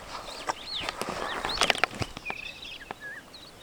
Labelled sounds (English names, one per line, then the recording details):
Superb Starling flight call
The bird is a male
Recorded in Kenya on 2 June 2010
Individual 18, of group CF2